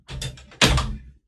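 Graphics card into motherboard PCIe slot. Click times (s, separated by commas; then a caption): 0.6 s. A graphics card, already aligned, is pushed down into a motherboard PCIe expansion slot, with softer knocks and rubbing around 0.2, 0.4 and 0.5 seconds. A loud thunk at 0.6 seconds marks the card going fully home, seated and reinstalled in the slot.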